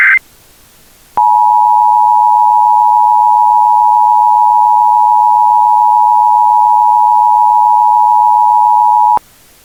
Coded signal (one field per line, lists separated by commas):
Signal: Emergency Alert System (SAME) tones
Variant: 853 and 960 Hz attention tone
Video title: EAS | Hazardous Materials Leak Forces Hours-Long Evacuations in Montana